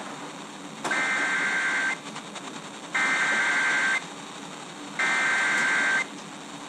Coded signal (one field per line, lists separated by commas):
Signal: Emergency Alert System (SAME) tones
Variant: header bursts